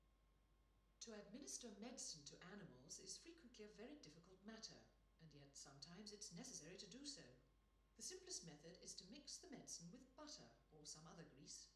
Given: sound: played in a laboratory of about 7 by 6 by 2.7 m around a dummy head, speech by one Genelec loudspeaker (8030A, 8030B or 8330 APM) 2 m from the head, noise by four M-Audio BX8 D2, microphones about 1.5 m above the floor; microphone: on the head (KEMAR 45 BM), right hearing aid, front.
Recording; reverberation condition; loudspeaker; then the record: female speech in English; medium; 30 degrees to the right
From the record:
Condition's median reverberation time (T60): about 510 ms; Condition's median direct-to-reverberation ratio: about -0.5 dB